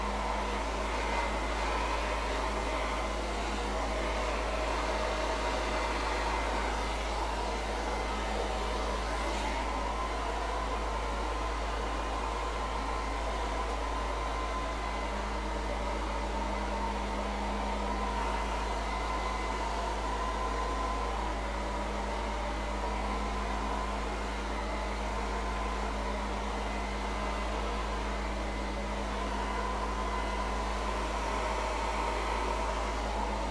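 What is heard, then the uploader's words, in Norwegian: A hair dryer runs steadily throughout, a dense constant rushing whir with a low hum and a faint tone rising midway. Vi lytter på en hårføner.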